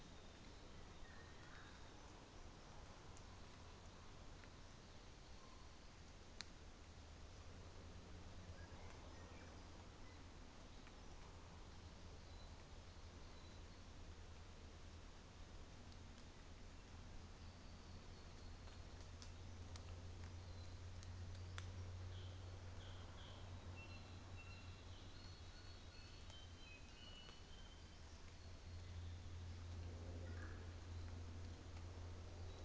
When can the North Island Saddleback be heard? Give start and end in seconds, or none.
21.94-26.41